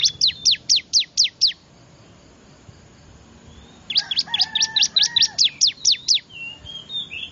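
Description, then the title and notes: Bar-winged prinia calls: a series of piercing, high, downward-slurred chirps, then a longer burst of about a dozen, with a few soft whistled notes behind. Lure call used to attract wild birds; local name ciblek. "Suara Pikat Burcil Ribut Paling Ampuh Ngabisin Burung Liar Ini. ciblek"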